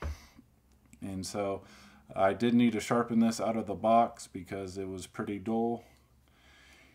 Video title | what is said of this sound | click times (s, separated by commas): 511 Tactical Flex Admin Pouch EDC Organizer For Tools And Gear | this knife blade is about two and a half inches it does lock into place as other tools does not | 0.0 s